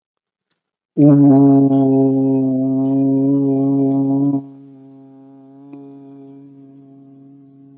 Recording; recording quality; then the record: sustained vowel as in boot; excellent, no background noise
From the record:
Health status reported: respiratory illness, not identified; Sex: male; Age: 27 years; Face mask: not worn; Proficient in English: no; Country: India